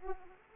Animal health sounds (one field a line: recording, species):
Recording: mosquito wingbeat signal from an infrared sensor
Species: Aedes aegypti